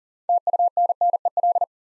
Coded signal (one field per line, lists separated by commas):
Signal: Morse code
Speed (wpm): 38 wpm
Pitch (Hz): 700 Hz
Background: none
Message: TUNNEL